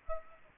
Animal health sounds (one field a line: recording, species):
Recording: mosquito wingbeat signal from an infrared sensor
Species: Aedes aegypti